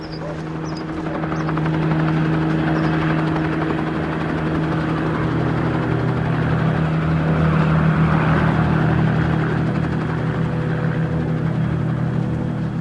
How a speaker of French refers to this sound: des battues citoyennes sont organisées dans les alentours de Grès et un hélicoptère de la gendarmerie est mobilisé.